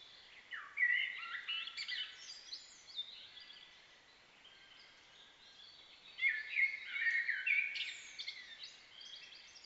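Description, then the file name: Common blackbird song: two rich, fluty phrases that end in squeaky high twitters, with a quiet gap of about three seconds between them. "Turdus merula"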